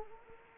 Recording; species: mosquito wingbeat signal from an infrared sensor; Anopheles gambiae